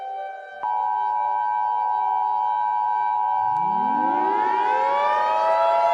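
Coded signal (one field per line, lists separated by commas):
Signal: Emergency Alert System (SAME) tones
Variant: 853 and 960 Hz attention tone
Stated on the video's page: Fictional mini alert scenario about a birthday virus, not a real broadcast.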